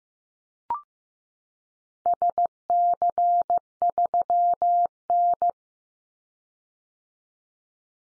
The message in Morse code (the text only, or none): SC3N